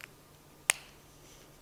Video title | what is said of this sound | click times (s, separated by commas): edTPA Equipment Tutorial | you want to hear that snap | 0.7 s